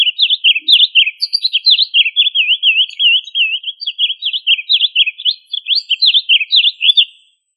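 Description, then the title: Bird song, a fast continuous run of high, sharply rising and falling whistled notes, several per second. "LuckyPassaros CompletosSama"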